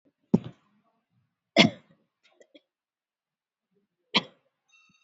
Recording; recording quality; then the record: shallow voluntary cough; moderate, slight background noise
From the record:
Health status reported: COVID-19 positive, moderate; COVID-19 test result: positive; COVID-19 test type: RT-PCR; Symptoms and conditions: cough, fever, muscle pain, loss of smell and taste, hypertension, diabetes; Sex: female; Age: 54 years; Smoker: no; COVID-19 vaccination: both doses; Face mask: worn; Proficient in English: yes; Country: India